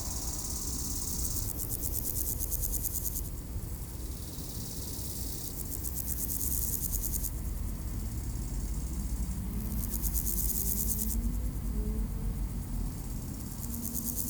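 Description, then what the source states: Grasshopper buzzing in repeated pulsed bursts lasting a few seconds each, separated by short pauses, with low road rumble and a rising engine-like whine later. Recorded beside the D633 road at Aveize, France, with cars passing; Sony PCM-M10 recorder, Luhd AB microphone position.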